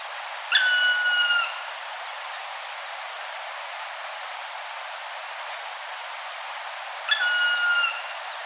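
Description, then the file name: Black Woodpecker giving two long, drawn-out, slightly falling ringing calls about six and a half seconds apart, each lasting under a second, over steady background hiss. "kumagera"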